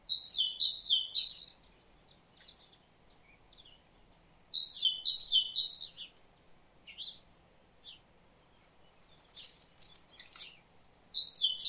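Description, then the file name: Great tit song, bright two-note phrases alternating high and lower, three in a quick run, with the phrase series repeated after pauses of a few seconds; faint other chirps between. "Parus major"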